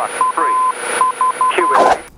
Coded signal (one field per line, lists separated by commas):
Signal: Morse code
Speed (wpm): 12 wpm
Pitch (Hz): 1020 Hz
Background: speech, radio noise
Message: AV